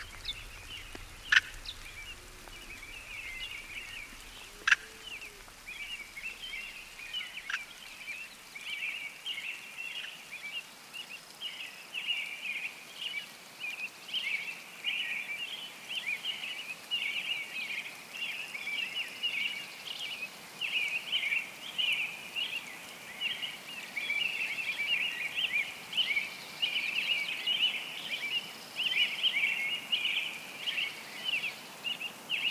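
A dense, high chorus of frogs and birds trills without a break, pulsing rapidly and growing fuller after about ten seconds. In the first few seconds, a few sharp drip-like taps fall over a faint low rumble that soon fades away.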